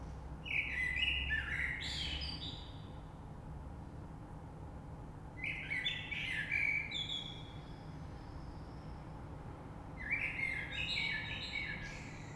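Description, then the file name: Common blackbird song: three loud fluting phrases several seconds apart, each ending in a jumble of high scratchy notes. Recorded 3 March 2020. "Rush Merle"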